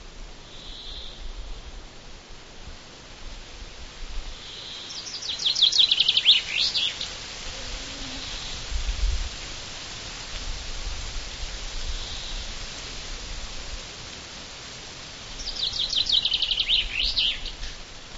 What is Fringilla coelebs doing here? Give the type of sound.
song